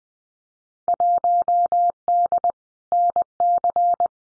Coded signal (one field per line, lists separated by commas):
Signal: Morse code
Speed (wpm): 20 wpm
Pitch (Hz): 700 Hz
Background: none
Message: 1D NC